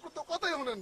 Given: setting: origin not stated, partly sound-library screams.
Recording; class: one-second piece from a danger detection set; normal situation